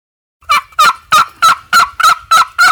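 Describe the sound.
Wild Turkey, a series of eight evenly spaced, raspy yelping notes, each about a third of a second apart, after a brief silent start.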